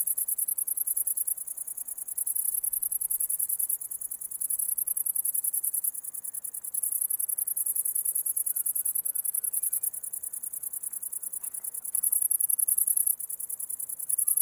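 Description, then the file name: Cricket: rapid, very high pulsed chirps running continuously throughout. Recorded August 11, 2009. "20090811 crickets"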